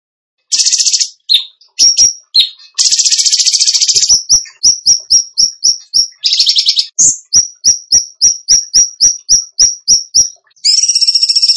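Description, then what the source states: Bird song: harsh buzzy bursts alternating with a steady series of sharp, evenly spaced high chips, then a final buzzy trill. Training track (masteran) of a songbird in the tembakan gacor song style.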